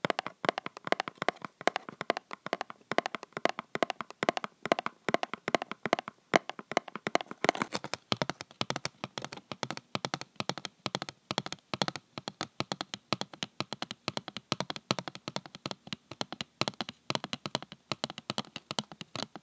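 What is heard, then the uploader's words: Fake nails tap quickly across various objects like plastic, cardboard and a bottle, making crisp, bright clicks in dense, uneven bursts. The rhythm stays busy throughout, with a few ringing tones around the middle and slightly softer, more regular tapping toward the end. Tapping with fake nails ASMR. Tapping on various objects, including plastic, cardboard, book, perfume bottle, glasses case and more, with press-on nails.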